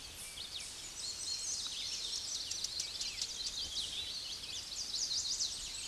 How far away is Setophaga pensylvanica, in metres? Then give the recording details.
about 40 m. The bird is about 10 m above the microphone. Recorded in a Pennsylvania forest on 16 May 2024 at 06:28. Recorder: AudioMoth, point MSD-1401. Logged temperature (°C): 16.4 °C. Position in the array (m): 97 m, 199 m